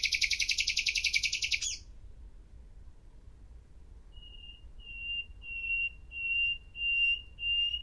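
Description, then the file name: Common nightingale song: a fast, harsh buzzing trill, a two-second pause, then a run of pure whistled notes growing louder. "Luscinia megarhynchos"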